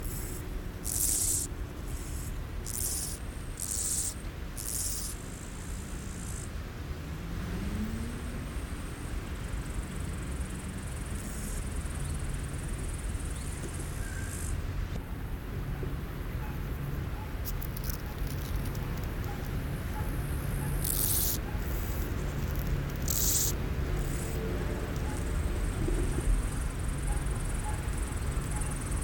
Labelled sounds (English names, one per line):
Steppe Grasshopper stridulation